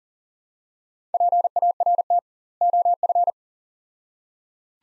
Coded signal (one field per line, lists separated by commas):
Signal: Morse code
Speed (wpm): 40 wpm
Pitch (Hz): 700 Hz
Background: none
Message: PART OF